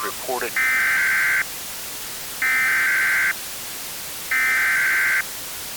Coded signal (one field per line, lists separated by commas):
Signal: Emergency Alert System (SAME) tones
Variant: header bursts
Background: speech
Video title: One lonely storm goes boom (EAS Scenario)